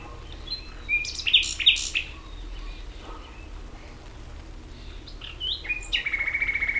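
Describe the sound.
Common nightingale song: varied whistled and buzzy phrases with pauses, ending in a rapid run of repeated trilled notes, faint background hum.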